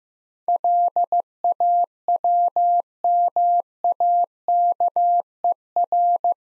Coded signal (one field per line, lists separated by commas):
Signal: Morse code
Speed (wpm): 15 wpm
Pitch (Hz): 700 Hz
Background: none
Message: LAWMAKER